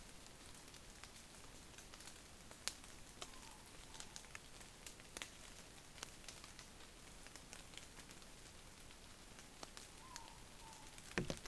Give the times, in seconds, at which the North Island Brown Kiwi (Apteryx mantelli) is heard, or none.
none